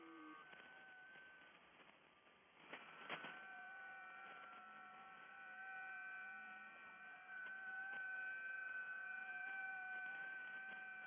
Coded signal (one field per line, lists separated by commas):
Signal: FT8